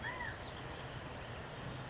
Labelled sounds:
California Quail (Callipepla californica)
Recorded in Sonoma County, California

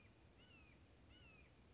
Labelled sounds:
Red-shouldered Hawk (Buteo lineatus)
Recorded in Sonoma County, California

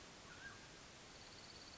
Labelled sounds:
Mountain Quail (Oreortyx pictus)
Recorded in Sonoma County, California

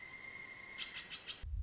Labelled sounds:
Pileated Woodpecker (Dryocopus pileatus)
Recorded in Sonoma County, California

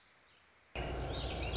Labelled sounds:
Warbling Vireo (Vireo gilvus)
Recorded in Sonoma County, California

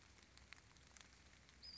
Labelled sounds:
Western Flycatcher (Empidonax difficilis)
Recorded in Sonoma County, California

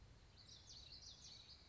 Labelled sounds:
Common Yellowthroat (Geothlypis trichas)
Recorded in Sonoma County, California

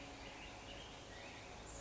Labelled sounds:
Black-headed Grosbeak (Pheucticus melanocephalus)
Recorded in Sonoma County, California

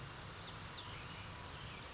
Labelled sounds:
Western Flycatcher (Empidonax difficilis)
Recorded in Sonoma County, California

